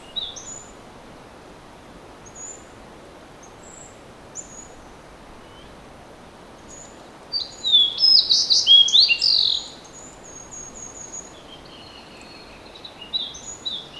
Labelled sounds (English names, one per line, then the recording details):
Fox Sparrow song
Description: Fox Sparrow song recorded at the Alluvial Fan in Rocky Mountain National Park
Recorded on 19 May 2016